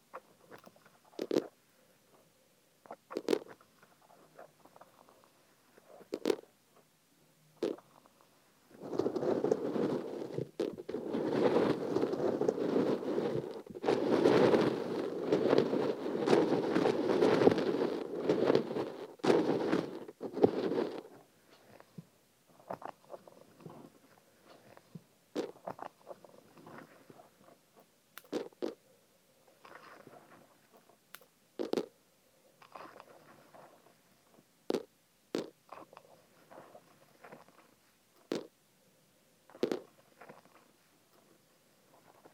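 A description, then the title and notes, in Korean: Sesame seeds being poured into an ear: a dense, steady rustling pour runs from about 9 to 21 seconds. Before and after it come scattered soft clicks and small grainy taps, a few every couple of seconds, with near-silence in between. 귀에 참깨 넣는 소리.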